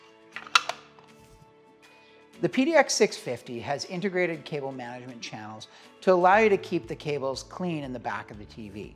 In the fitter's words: the design has allowed them to just snap right into place